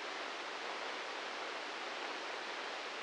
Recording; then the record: brain microelectrode recording played as sound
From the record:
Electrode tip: inside the subthalamic nucleus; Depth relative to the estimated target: 3 mm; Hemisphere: left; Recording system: NeuroSet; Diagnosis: Parkinson's disease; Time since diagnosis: 15 years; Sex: male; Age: 65 years